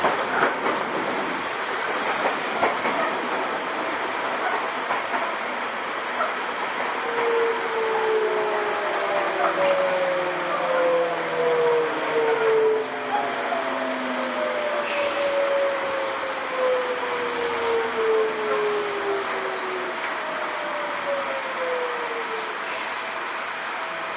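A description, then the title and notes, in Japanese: Inside a commuter train, a steady, dense rumble and hiss of running carries through the whole recording. From about seven seconds, a bright motor whine rises and slides through several tones, fading out near the end, while the overall loudness stays even. 相鉄新7000系 海老名〜横浜。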